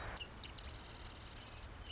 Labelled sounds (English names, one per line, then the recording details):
Marsh Wren
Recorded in Sonoma County, California